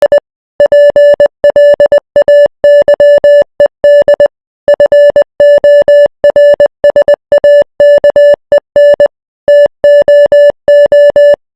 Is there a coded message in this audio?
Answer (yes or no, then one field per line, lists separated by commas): yes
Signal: Morse code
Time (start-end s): 0.0-11.3 s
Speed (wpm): 20 wpm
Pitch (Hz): 580 Hz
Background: music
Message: I PLAYED FORSAKEN TOO